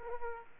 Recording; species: mosquito wingbeat signal from an infrared sensor; Aedes aegypti